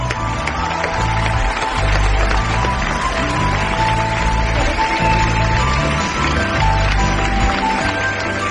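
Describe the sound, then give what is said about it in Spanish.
An audience claps steadily and loudly for actress Maya Prieto, who plays doctor Tani, a dense even wash of applause with a musical backing running underneath it. “La eficaz doctora Tani, por favor, un aplauso para Maya Prieto.”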